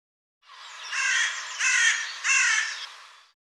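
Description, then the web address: Bird giving three harsh, hoarse caw-like calls in close succession, with nothing else audible around them. "cianscape birddata Deverinetal 2025"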